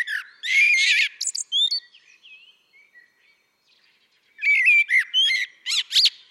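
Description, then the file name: Common blackbird giving warbled whistles and scratchy high twitters, a long quiet gap, then another burst of whistles and sharp notes. "Turdus merula"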